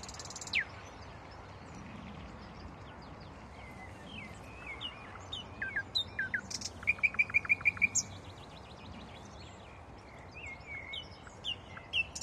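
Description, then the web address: Common nightingale song with separate whistled slurs, then a burst of rapid, evenly repeated sharp notes, followed by scattered softer phrases. "rossignol ordinaire chant du rossignol"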